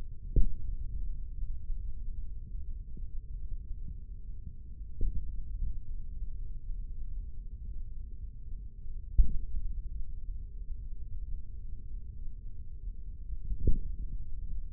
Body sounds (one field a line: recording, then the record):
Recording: forearm muscle sounds (acoustic myography)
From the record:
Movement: tripod grip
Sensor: system 3, bracelet of six PUI Audio POM-2738L microphones around the upper forearm, with dedicated amplification and filtering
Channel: 1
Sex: male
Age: 55 years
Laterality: right